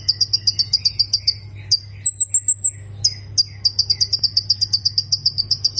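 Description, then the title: Plain prinia song: a rhythmic string of high, clipped notes, about four per second, paused by a short, thin, very high trill, then continuing. A low hum underlies it. "Ciblek Sawah"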